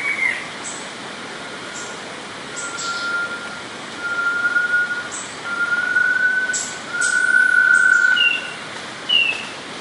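Squirrel monkeys squeaking with drawn-out high whistled notes and brief sharp chirps scattered through, repeated irregularly over a constant hissing background.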